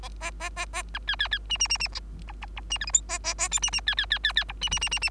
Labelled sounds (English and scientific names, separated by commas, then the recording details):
Bengalese Finch (Lonchura striata domestica) song
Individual Bird3